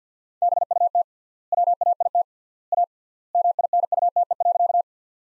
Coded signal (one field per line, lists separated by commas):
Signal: Morse code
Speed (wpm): 50 wpm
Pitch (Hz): 700 Hz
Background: none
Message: BUT WAIT A MINUTE.